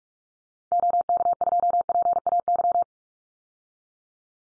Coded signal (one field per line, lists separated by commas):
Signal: Morse code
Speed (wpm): 44 wpm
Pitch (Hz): 700 Hz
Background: none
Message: OK2PAY